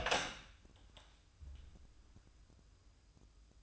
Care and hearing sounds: daily activity, microphone in the room; open door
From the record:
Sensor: 2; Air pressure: 1004.8 hPa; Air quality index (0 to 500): 73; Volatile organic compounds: 1 ppm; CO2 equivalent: 871 ppm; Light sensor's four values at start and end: 7/17/7/7 and 7/17/7/7

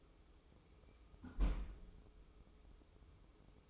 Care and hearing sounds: daily activity, microphone in the room; close fridge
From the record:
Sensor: 1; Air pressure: 995.3 hPa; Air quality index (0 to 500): 25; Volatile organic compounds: 1 ppm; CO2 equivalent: 506 ppm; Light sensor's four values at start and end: 19/62/23/25 and 19/62/23/25

